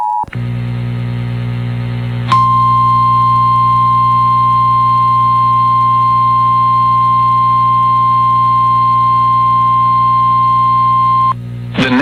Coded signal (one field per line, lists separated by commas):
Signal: Emergency Alert System (SAME) tones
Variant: 853 and 960 Hz attention tone